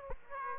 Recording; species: mosquito wingbeat signal from an infrared sensor; Aedes aegypti